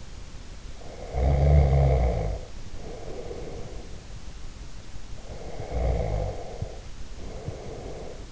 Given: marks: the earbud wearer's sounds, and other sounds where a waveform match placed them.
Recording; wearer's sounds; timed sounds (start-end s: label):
sounds in sleep by an in-ear microphone; snoring breath
0.71-4.03 s: snoring breath
5.12-8.32 s: snoring breath